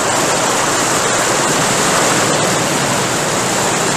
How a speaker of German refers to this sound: Sie waren in einen Wasserfall geraten, der tief, tief ins Erdinnere hinunterstürzte.